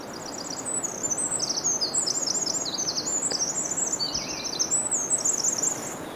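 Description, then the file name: Eurasian wren singing a loud, high-pitched, rapid string of trills and metallic notes that tumble on almost without pause, over faint background noise. "Troglodytes troglodytes"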